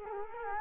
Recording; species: mosquito wingbeat signal from an infrared sensor; Culex quinquefasciatus